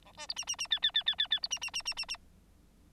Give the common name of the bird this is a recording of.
Bengalese Finch